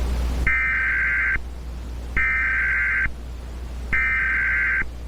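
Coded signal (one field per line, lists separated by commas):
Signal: Emergency Alert System (SAME) tones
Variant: header bursts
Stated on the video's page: Fictional Thanksgiving virus EAS scenario, not a real alert.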